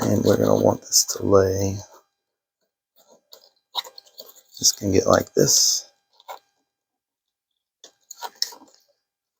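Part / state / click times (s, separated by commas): wiring harness connector into its mating plug / seated / 8.4 s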